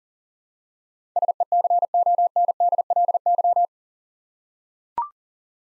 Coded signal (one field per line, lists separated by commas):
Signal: Morse code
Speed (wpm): 40 wpm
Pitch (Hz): 700 Hz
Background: none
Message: SECONDLY